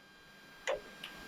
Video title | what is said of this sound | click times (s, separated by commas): Harley Davidson 24 & up Heated grips install! | Snap right in there. You couldn't hear it because my big mouth was talking. | 0.7 s